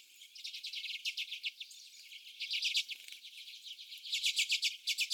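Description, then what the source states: Common redpolls chattering rapidly, about four dry metallic chips a second in rhythmic runs, pausing briefly before a final fast burst. More than one common redpoll.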